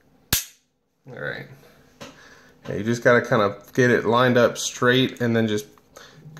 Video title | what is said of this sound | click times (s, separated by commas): Colt New Agent 1911 9mm Takedown by At The Ready | you just got to kind of get it lined up straight and then just apply a little force and it pops right in past that spring detent | 0.3 s